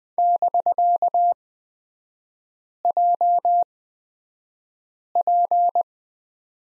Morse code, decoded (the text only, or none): <BK>JP